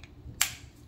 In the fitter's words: just a little more pressure than Norm it still locks